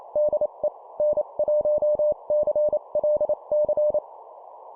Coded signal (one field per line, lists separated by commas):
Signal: Morse code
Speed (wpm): 28 wpm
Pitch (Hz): 600 Hz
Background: none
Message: DE N1CLC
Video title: 25wpm CW QSO Format Example, improve morse code copy speed